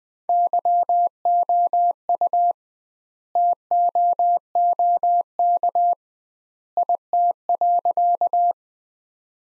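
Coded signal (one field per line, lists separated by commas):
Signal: Morse code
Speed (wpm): 20 wpm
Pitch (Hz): 700 Hz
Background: none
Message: YOU TOOK IT.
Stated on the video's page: Practice sentences from the top 300 words sent at 20 wpm with twice standard word spacing, a Farnsworth-like copying drill.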